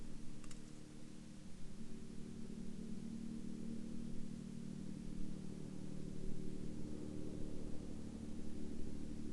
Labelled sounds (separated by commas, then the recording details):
aircraft
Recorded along the Dempster Highway, Canada, on 4 December 2019 at 14:41
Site 15